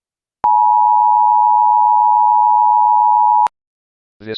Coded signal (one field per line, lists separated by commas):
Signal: Emergency Alert System (SAME) tones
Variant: 853 and 960 Hz attention tone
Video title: EAS Scenario: You're Back In Your Timeline